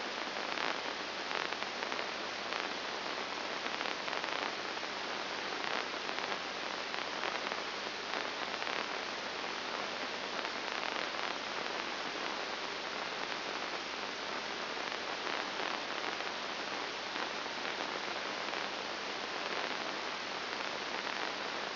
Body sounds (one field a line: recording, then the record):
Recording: brain microelectrode recording played as sound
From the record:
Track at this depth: inside the subthalamic nucleus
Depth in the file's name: 2.703 mm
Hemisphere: left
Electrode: 2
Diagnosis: Parkinson's disease